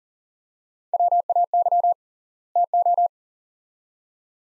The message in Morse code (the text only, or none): WAY TO